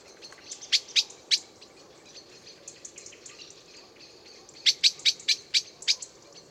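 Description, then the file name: Eurasian blackbird uttering sharp, dry clicks: a burst of three, a quiet gap, then a quicker series of six, with soft background hiss throughout. "Turdus merula"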